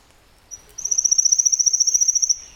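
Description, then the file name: Pale-legged leaf warbler giving one sharp, high, buzzy trill of rapid even pulses lasting about one and a half seconds. "warbler-pale-legged-leaf a-Phylloscopus-tenellipes"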